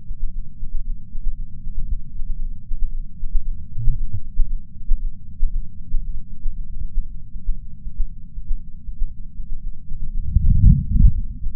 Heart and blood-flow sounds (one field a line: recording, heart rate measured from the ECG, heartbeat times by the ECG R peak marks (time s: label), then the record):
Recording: heart sounds by patch sensor on the chest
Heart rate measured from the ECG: 116 bpm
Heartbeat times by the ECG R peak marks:
0.29 s: heartbeat
0.81 s: heartbeat
1.33 s: heartbeat
1.85 s: heartbeat
2.37 s: heartbeat
2.89 s: heartbeat
3.42 s: heartbeat
3.94 s: heartbeat
4.45 s: heartbeat
4.96 s: heartbeat
5.48 s: heartbeat
5.99 s: heartbeat
6.51 s: heartbeat
7.03 s: heartbeat
7.54 s: heartbeat
8.05 s: heartbeat
8.56 s: heartbeat
9.06 s: heartbeat
9.57 s: heartbeat
10.09 s: heartbeat
10.60 s: heartbeat
11.11 s: heartbeat
From the record:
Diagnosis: coronary artery disease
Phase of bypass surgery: intraoperative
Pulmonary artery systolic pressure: 19 mmHg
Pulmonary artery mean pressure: 14 mmHg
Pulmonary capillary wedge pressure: 9 mmHg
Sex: female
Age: 71 years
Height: 150 cm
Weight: 59 kg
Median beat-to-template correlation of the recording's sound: 0.94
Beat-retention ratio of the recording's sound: 0.98